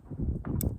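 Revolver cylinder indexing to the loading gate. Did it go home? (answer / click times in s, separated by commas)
yes / 0.6 s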